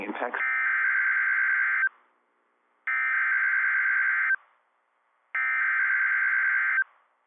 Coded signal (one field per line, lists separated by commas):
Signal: Emergency Alert System (SAME) tones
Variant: header bursts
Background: speech